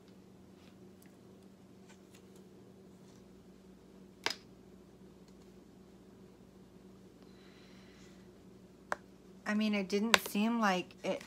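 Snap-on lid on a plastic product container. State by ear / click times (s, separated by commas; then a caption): released / 4.3 s, 8.9 s. A snap-on lid on a plastic product container is opened by hand, popping free over a small lip with sharp pops at 4.3 s and 8.9 s, which suggests it was sealed. Someone talks near the end.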